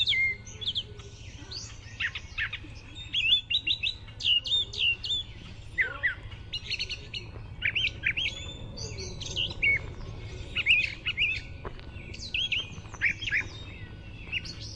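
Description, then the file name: Grey catbird singing a long, rambling medley of short chattering, whistled and scratchy notes, barely pausing between phrases, with faint low rumble underneath. "GRCA song"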